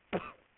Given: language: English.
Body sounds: throat vibration sensor signal played as sound; cough

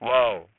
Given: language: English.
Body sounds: throat vibration sensor signal played as sound; speech

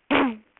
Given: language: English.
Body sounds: throat vibration sensor signal played as sound; throat clearing

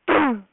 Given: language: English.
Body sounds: throat vibration sensor signal played as sound; throat clearing

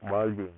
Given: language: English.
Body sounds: throat vibration sensor signal played as sound; speech

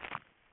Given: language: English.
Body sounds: throat vibration sensor signal played as sound; swallow

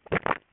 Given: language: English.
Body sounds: throat vibration sensor signal played as sound; swallow

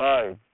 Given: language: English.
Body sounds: throat vibration sensor signal played as sound; speech

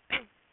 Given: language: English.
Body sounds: throat vibration sensor signal played as sound; cough

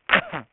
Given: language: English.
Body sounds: throat vibration sensor signal played as sound; cough

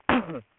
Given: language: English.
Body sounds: throat vibration sensor signal played as sound; cough

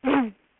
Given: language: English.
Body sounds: throat vibration sensor signal played as sound; throat clearing

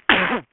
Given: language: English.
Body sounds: throat vibration sensor signal played as sound; cough

